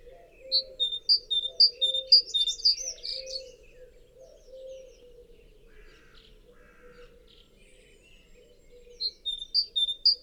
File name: Parus major